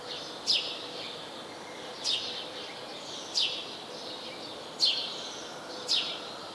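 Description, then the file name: House sparrow chirps: five sharp, high, downward-sweeping notes spaced about one to one and a half seconds apart over a steady high-pitched chatter in the background. "Passer domesticus"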